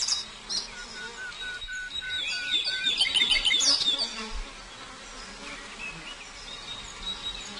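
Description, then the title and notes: Prinia giving scattered high chirps that build into a dense, quick twittering burst midway, then thin out to occasional notes over faint hiss. Complete song including the ngerol rolling song style. "Suara Kicau Burung Prenjak Lengkap dan Ngerol"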